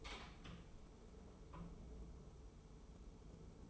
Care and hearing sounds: daily activity, microphone in the room; open door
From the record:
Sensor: 1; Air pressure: 1015.1 hPa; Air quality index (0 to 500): 117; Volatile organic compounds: 4 ppm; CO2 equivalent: 1598 ppm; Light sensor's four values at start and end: 14/33/14/15 and 14/33/14/15

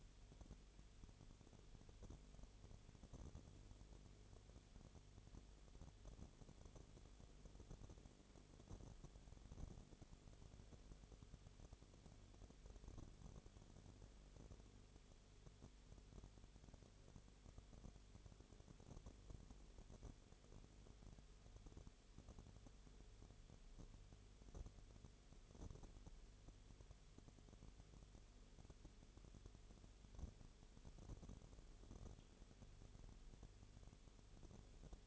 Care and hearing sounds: daily activity, microphone in the room; no activity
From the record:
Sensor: 4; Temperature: 22.0 degrees Celsius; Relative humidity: 29.6%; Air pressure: 1002.1 hPa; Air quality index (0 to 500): 60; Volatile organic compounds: 1 ppm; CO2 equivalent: 611 ppm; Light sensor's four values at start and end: 2/3/1/1 and 2/3/1/1

